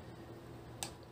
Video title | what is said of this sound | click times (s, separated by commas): 3D Printed Magazine Baseplates (Usapang Baril Episode 18) | Ayan, nag-click. | 0.8 s